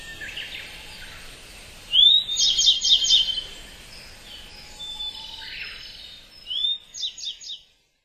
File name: gray bunting